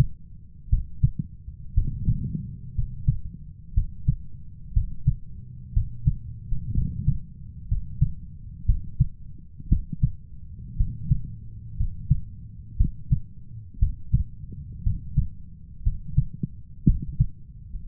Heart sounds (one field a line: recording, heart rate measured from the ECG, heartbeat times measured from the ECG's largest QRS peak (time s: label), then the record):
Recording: heart sounds by stethoscope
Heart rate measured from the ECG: 59 bpm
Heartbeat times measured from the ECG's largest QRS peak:
0.69 s: heartbeat
1.73 s: heartbeat
2.74 s: heartbeat
3.73 s: heartbeat
4.72 s: heartbeat
5.72 s: heartbeat
6.73 s: heartbeat
7.67 s: heartbeat
8.65 s: heartbeat
9.68 s: heartbeat
10.76 s: heartbeat
11.76 s: heartbeat
12.76 s: heartbeat
13.78 s: heartbeat
14.82 s: heartbeat
15.82 s: heartbeat
16.85 s: heartbeat
17.85 s: heartbeat
From the record:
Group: healthy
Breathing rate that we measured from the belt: 15 breaths a minute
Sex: male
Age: 23 years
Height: 178 cm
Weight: 96.6 kg